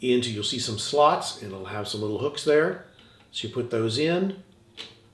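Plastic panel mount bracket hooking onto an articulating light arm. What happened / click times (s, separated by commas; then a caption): Handled, not yet home: plastic bracket hooks set in slots, no seating click yet / none. Someone talks while the little hooks of a plastic panel mount bracket are set into slots on an articulating light arm, with a brief tick near 4.8 s. The bracket is handled but not yet pressed home, and nothing has seated or clicked yet.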